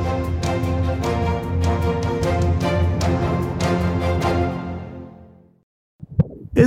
That sonogram holds the sound of a baby's heartbeat.